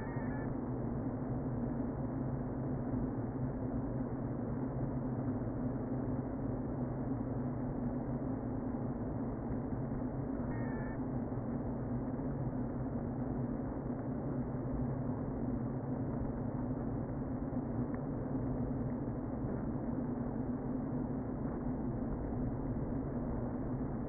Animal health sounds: honeybee colony, microphone inside the hive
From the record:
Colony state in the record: queen present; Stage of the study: before two queens were removed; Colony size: about 60,000 bees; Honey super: yes

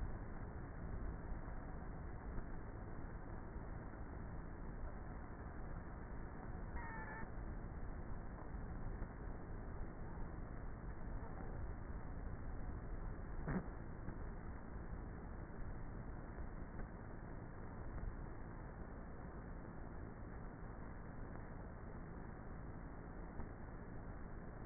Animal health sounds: honeybee colony, microphone inside the hive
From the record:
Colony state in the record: queenless with a low population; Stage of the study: before two queens were removed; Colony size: about 30,000 bees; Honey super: no

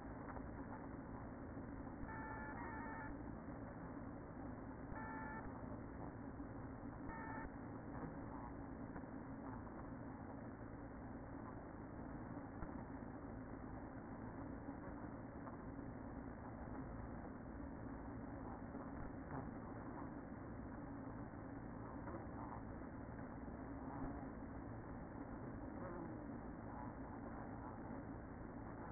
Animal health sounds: honeybee colony, microphone inside the hive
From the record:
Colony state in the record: queen present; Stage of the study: after two queens were removed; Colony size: about 60,000 bees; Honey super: yes

